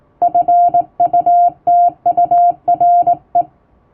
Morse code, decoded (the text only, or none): FUTURE